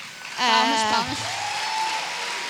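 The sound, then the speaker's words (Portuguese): A burst of applause, a steady crackling wash of clapping that carries through the whole clip, with a brief wavering vocal cheer rising over it near the start. “Palmas.”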